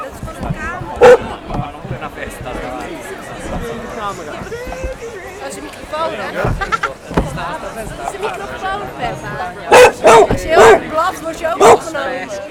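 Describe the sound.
A dog chasing a person lets out several sharp, loud barks in short bursts, with a cluster near the end, while people talk and chatter continuously underneath.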